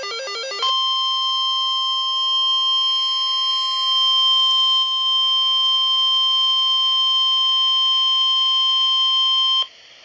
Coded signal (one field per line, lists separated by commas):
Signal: Emergency Alert System (SAME) tones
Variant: 1050 Hz attention tone